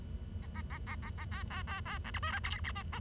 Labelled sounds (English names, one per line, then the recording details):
Bengalese Finch song
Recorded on 23 June 2012 at 09:51
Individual gr41rd51